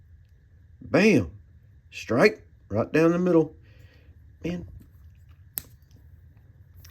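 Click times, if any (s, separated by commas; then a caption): 5.6 s. Someone talks, then the blade of a vintage Case XX slipjoint pocket knife is worked against its backspring and snaps into position in the handle with a sharp, brief snap at 5.6 s. The blade seats firmly into place.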